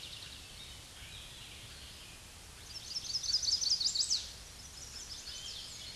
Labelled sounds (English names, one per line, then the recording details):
Chestnut-sided Warbler song
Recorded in a Pennsylvania forest on 16 May 2024 at 06:54
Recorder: AudioMoth, point MSD-2429
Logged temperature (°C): 16.7 °C
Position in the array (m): 83 m, 60 m